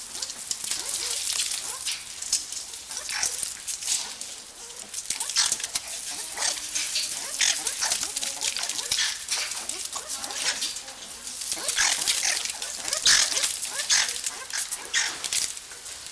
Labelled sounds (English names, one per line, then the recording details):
Banded Mongoose call
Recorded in captivity
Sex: group
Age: adult
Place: Zoo Halle, Sachsen-Anhalt, DE
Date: 1999-03-30 11:34
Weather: fair, ca. 15°C
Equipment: Sony MD-WM MZ-R3, Sennheiser MKH 416 T, Kopie Uher 4000 Report Monitor
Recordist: Tembrock, Günter
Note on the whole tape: Gruppe (6 Tiere aktiv): diverse Lautformen; Entfernung 0,5 - 1 m